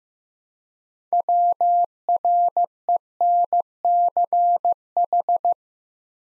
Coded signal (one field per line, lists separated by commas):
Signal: Morse code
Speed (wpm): 15 wpm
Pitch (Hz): 700 Hz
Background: none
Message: WRENCH